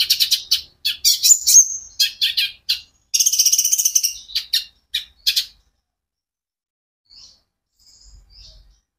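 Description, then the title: Van Hasselt's sunbird delivering dense high chips and a fast trilled burst, then falling quiet except for a few faint, thin notes. Steady, continuous song from a sunbird used as a lure and training song for caged sunbirds. "KOLIBRI NINJA KONIN IJOAN GACOR COCOK UNTUK PANCINGAN TERAPI KONIN"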